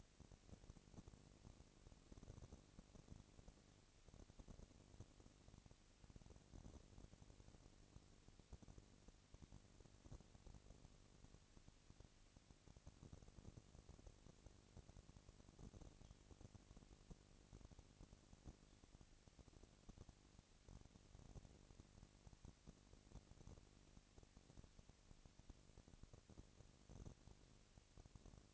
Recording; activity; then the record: daily activity, microphone in the room; no activity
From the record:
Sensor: 4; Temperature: 22.5 degrees Celsius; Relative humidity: 33.4%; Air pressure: 999.7 hPa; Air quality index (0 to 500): 231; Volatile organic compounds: 21 ppm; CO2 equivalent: 2707 ppm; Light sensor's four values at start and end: 2/3/1/1 and 2/3/1/1